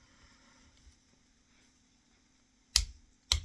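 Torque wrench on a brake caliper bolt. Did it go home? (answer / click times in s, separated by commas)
yes / 2.8 s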